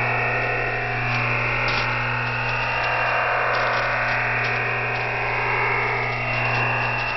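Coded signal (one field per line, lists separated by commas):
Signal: digital SSTV (DRM)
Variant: EasyDRF OFDM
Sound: continuous dense rushing hiss-like digital noise with a hard upper cutoff, steady throughout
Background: radio static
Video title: Shortwave Radiogram EasyDRF Part 2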